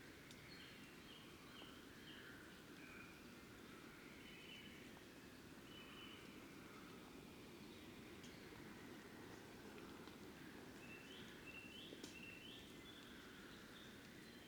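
Birds call in the early morning, with short chirps and whistled phrases scattered throughout, a cluster of brighter notes arriving around eleven to twelve seconds. Beneath them runs a steady low rumble of outdoor noise that never lets up.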